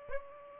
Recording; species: mosquito wingbeat signal from an infrared sensor; Aedes aegypti